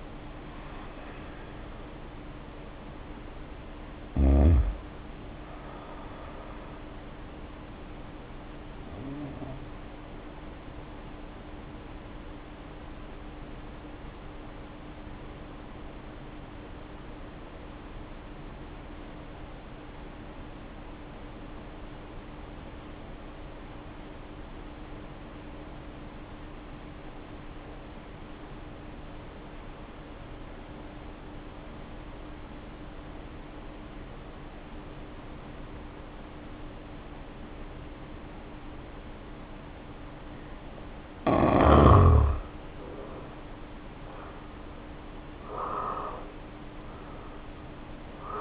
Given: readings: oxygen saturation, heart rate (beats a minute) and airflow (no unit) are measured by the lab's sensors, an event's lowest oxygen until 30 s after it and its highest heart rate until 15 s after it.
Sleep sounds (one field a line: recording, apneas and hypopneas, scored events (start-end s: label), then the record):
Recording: breathing in sleep by a voice recorder at the bedside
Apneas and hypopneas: 1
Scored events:
8.00-41.20 s: hypopnea (N2, oxygen 93% highest, then 73% lowest, heart rate 60 at the start, 69 highest)
From the record:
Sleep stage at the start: N2 (light sleep)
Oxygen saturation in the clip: 73 to 93%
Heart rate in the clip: 46 to 70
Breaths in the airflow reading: 14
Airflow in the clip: -3.3 to 2.8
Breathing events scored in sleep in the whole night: 520 in 7.2 hours asleep